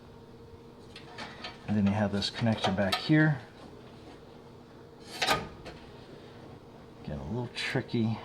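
During a natural gas to liquid propane conversion of a GE clothes dryer, a wire harness connector is reached for at the rear of the gas valve coil and lined up by hand while someone talks. Soft handling noises come through at about 1.0 s and 1.5 s, along with faint rustles and a brief scrape around 5.3 s. Nothing has seated or clicked yet.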